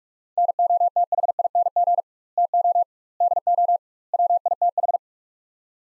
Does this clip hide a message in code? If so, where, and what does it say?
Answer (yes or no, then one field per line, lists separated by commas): yes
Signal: Morse code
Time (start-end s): 0.4-5.0 s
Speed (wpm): 47 wpm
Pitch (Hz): 700 Hz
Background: none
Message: NOTHING TO DO WITH